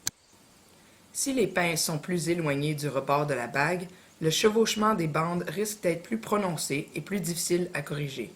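A rigid metal bird band being closed around a leg gives a sharp click at 0.1 s, the second click, as the band springs back slightly into the correct closed position, so the band is correctly closed. After that, someone talks for the rest of the clip.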